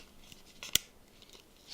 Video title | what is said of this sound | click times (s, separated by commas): Galaxy Note 2 Disassembly & Assembly Screen and Case Replacement Drop Test Repair | you squeeze it you'll see the gap closed off it'll snap into place | 0.8 s